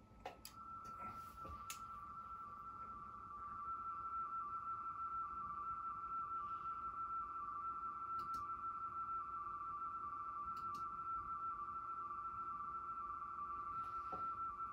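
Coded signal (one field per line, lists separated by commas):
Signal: RTTY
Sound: rapid warbling between two close tones near 1.2 kHz, continuous, with occasional clicks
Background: faint handling clicks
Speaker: and go into droid rt3y set the receiving radio up to use rtty okay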